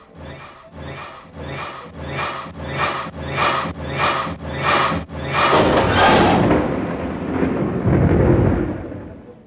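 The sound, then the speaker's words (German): A thunderstorm: a run of about nine steady, rhythmic bursts of hissing noise gives way to a long, loud, deep rolling rumble of thunder that slowly fades. No one speaks. The storm is about to cover Jerschalaim (Jerusalem), with a sudden wind driving columns of dust. “Levi verstummte und grübelte, ob das Gewitter, das Jerschalaim gleich zudecken würde, im Schicksal des unglücklichen Jeschua eine Wende bringen mochte.”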